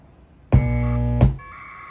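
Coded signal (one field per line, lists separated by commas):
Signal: packet radio (AX.25, as in APRS)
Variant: 1200 baud AFSK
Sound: clicky buzzing burst, then a short warbling two-tone data chirp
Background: radio squelch noise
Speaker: and go you can see that it's connected the bluetooth is connected we're connected to a remote gateway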